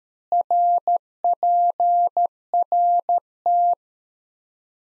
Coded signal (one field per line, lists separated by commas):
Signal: Morse code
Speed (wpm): 13 wpm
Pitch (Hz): 700 Hz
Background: none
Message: RPRT